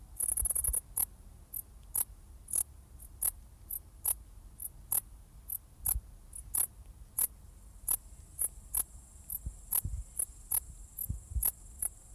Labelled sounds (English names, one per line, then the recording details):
Dark Bush-cricket stridulation
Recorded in the wild
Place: Strausberg, Barnim, Brandenburg, DE
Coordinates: 52.5375, 13.8989
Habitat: forest
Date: 1989-08-12 18:59
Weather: 22°C im Schatten
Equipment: Riporter 6 RG-K, Halbspur, Sennheiser MKH 416 T
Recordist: Frommolt, Karl-Heinz